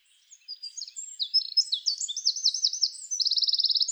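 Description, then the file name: Eurasian wren song, a fast tumbling series of bright high notes that finishes in a loud even trill. "Troglodytes troglodytes"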